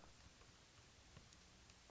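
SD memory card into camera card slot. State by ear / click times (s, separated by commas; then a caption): not seated / none. An SD memory card is held and lined up with the card slot of a Nikon COOLPIX L810 camera before being pushed in. Only quiet handling noise is heard, with faint low rustles and no sharp hits. Nothing has seated or clicked yet.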